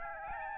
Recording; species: mosquito wingbeat signal from an infrared sensor; Aedes albopictus